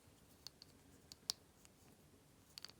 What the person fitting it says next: it snaps into place perfectly and it's very grippy there.